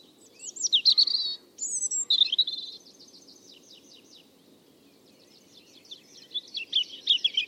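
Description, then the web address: European robin song: quick, high, liquid phrases and a trill, a stretch of quieter twittering, then another rapid run of bright notes. "Deverinetal 2025 File origin Bird Only Er Ru"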